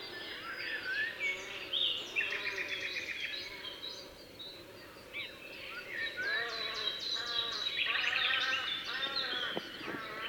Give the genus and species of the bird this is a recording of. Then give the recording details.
Corvus cornix. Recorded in the wild. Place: Dumbraveni, Transilvania, RO. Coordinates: 46.23, 24.575. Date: 1976-06-05. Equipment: Nagra III BH, Sennheiser MD 21, parabola. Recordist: Schubert, Michael